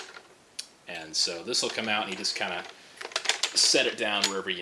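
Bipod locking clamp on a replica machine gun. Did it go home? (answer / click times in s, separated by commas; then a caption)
released / 0.6 s. The locking clamp on the bipod of an Echo 1 ZB30 HMG replica machine gun, a bipod that otherwise swings freely without locking into place, is released and springs open. A sharp mechanical click sounds at 0.6 s. Someone then talks.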